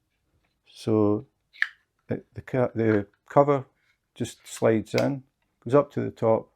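Someone talks while a plastic cover is slid along the two grooves of a diamond painting drill tray toward the top, with a brief sharp handling tick near 1.6 s. Nothing has clicked or locked in place yet: the clip ends before the cover goes home.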